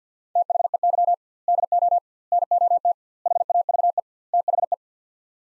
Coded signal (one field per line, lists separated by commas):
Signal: Morse code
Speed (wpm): 50 wpm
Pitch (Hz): 700 Hz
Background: none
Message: THEY DO NOT HAVE THE